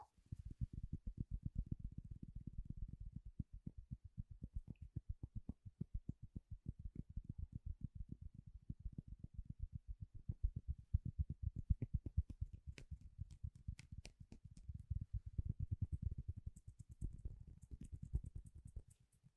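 A household object makes a rapid, regular run of low, heavy thuds, dense throughout, with a few sharper clicks near the end.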